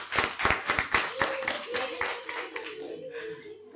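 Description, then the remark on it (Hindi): Loud audience clapping at a study camp to welcome a speaker: many hands beating in a dense, uneven patter that eases slightly toward the end, with a voice faintly audible underneath. “सभी जोरदार तालियों से स्वागत कीजिए।”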